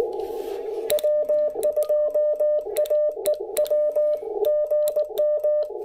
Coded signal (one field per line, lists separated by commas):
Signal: Morse code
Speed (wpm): 19 wpm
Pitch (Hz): 590 Hz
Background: radio noise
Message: W2AEW GM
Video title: Cabin POTA: Pairing the IC-705and MC-750 vertical at Gorges State Park!